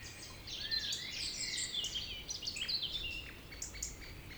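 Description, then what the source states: Birds singing together, a dense mix of twittering and slurred whistles over background noise. Village birds singing in the evening around 8 pm, humid weather, April 2019, Tregastel, Pleumeur-Bodou, France; recorded with MKH 8040 ORTF pair, Rycote ORTF, Zoom H5.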